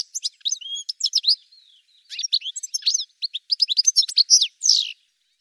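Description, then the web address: Bird chirps in quick, high-pitched clusters, mixing short sharp notes with a few longer slurred whistles, a short gap after the first burst, then steady chirping again. "cianscape birddata Deverinetal 2025 Bird Ca Ca"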